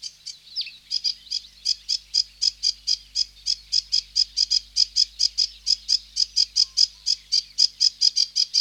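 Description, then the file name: Sedge warbler song: a long run of harsh, rasping chattered notes, steady and insistent. "Sedge Warbler (Acrocephalus schoenobaenus)"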